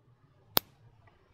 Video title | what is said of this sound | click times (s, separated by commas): 🌸💍💎#бижутерия #147💎💍 🌸AliExpress🌸 Jewelry from China🌸 Jewelry with Aliexpress 🌸 | сложно то есть потерять эти серьги практически невозможно и захлопываются они со щелчком то есть я думаю слышно было | 0.6 s